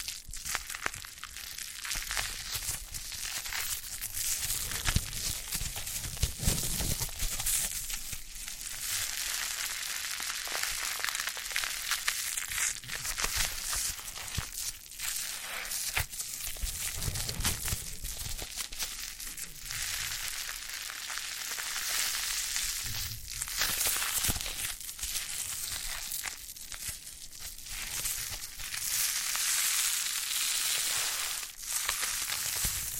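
Foam massage: a continuous rubbing and squeaking of foam, dense crinkly friction sounds bright and hissy throughout. Strokes come in uneven waves every second or two, with occasional softer low thumps as pressure shifts, and no pauses across the whole stretch.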